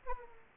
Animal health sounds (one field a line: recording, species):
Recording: mosquito wingbeat signal from an infrared sensor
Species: Aedes aegypti